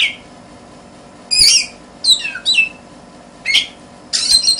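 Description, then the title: Oriental magpie-robin song: several short phrases of scratchy notes and down-slurred whistles, spaced by short pauses, over a faint background hum. "suara kacer"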